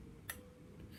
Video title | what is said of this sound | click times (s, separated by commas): Trumpet Care - How to give a bath | piston and then when it comes down to the bottom and you spin it it's going to click into place listen | 0.3 s